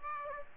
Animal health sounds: mosquito wingbeat signal from an infrared sensor; Aedes aegypti

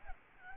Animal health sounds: mosquito wingbeat signal from an infrared sensor; Aedes albopictus

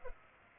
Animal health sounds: mosquito wingbeat signal from an infrared sensor; Culex pipiens

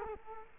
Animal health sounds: mosquito wingbeat signal from an infrared sensor; Culex quinquefasciatus

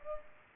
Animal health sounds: mosquito wingbeat signal from an infrared sensor; Culex pipiens

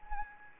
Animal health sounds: mosquito wingbeat signal from an infrared sensor; Anopheles gambiae

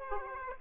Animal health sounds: mosquito wingbeat signal from an infrared sensor; Aedes aegypti

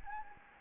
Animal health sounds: mosquito wingbeat signal from an infrared sensor; Anopheles gambiae

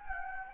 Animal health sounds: mosquito wingbeat signal from an infrared sensor; Anopheles gambiae

